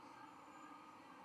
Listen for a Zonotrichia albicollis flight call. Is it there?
no